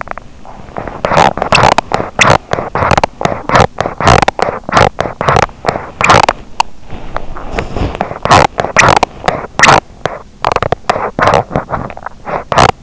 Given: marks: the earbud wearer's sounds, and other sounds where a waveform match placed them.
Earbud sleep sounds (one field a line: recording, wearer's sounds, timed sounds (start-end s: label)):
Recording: sounds in sleep by an in-ear microphone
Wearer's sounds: teeth grinding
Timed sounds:
0.00-6.38 s: teeth grinding
6.56-12.83 s: teeth grinding